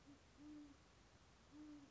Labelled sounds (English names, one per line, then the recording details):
Great Horned Owl
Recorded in Sonoma County, California